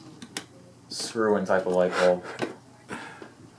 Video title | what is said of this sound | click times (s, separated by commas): Restored: Rare 1980's Quoizel Lighted Housing Hugger Ceiling Fan | it's a weird light bulb it's it just clicks into place it's not like a screw | 0.4 s